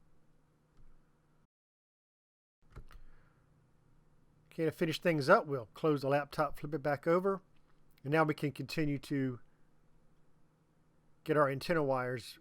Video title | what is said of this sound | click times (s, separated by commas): Dell Inspiron 1764 Tear Down and Motherboard Replacement | snap it down nicely get those tabs snapped back into place | 2.8 s, 2.9 s